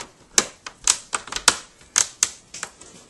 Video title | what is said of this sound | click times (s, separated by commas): Laptop screen replacement / How to replace laptop screen hp probook 4525s | gently pushing until you feel it lock in place. | 0.4 s, 1.5 s, 2.2 s